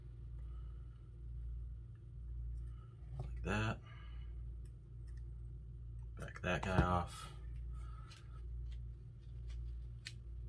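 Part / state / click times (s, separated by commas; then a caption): lightsaber blade into hilt blade holder / seated / 10.1 s. A polycarbonate lightsaber blade is pushed into the blade holder of an 89Sabers MPP 2.5 Darth Vader ESB Golden Harvest Neopixel lightsaber hilt after its two retention screws have been backed off with a flathead screwdriver. Someone talks over a low steady hum, with faint ticks and handling sounds. A sharp click at 10.1 s marks the blade seating in place.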